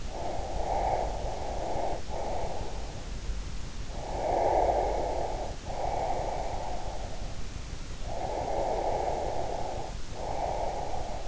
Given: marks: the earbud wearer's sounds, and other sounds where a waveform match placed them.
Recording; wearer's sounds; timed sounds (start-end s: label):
sounds in sleep by an in-ear microphone; breath
0.00-3.10 s: breath
3.83-7.39 s: breath
8.05-11.28 s: breath